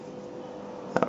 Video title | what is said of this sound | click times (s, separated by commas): transformers prime RID voyager starscream | snap together you might hear a pretty big clip when it happens you might sound like it broke but trust me it don't | 1.0 s